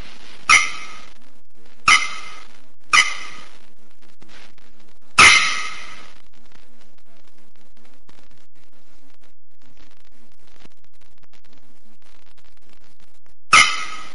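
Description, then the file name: Bearded Bellbird: a series of four hammer-like clangs, a long silent gap, then one more loud note. "Canto da araponga do nordeste"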